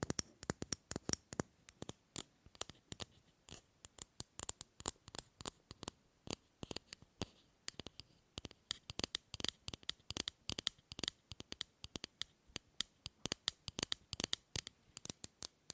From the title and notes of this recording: ASMR Fast & Slow Tapping on 6 Objects No Talking.